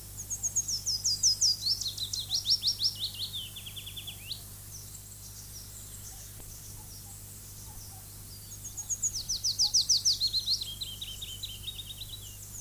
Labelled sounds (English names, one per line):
Willow Warbler song